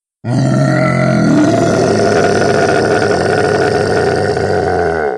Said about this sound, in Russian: Раздался на всю округу мощный рык разъяренного мутанта.